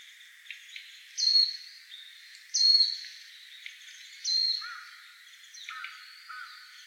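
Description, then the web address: Japanese white-eye giving high, thin chirping notes, three stronger bursts spaced about one and a half seconds apart, plus softer twittering. Recorded 12 December 2016. "birdenaga mejiro"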